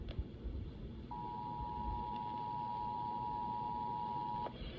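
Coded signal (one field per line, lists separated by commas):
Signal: Emergency Alert System (SAME) tones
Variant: 853 and 960 Hz attention tone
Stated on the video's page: Real EAS alerts received, mostly flash flood warnings plus a severe thunderstorm warning.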